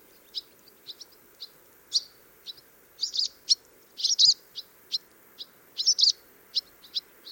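Swallow calls, bright clipped chirps spaced unevenly, some in quick clusters, against a constant low background hum.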